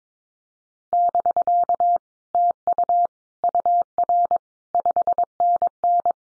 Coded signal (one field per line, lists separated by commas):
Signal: Morse code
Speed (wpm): 22 wpm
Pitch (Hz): 700 Hz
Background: none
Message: <BK> TU UR 5NN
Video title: Common QSO Phrases Encore 22wpm